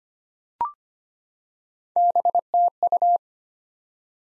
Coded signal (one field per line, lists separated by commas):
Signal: Morse code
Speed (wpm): 25 wpm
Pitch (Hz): 700 Hz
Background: none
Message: BTU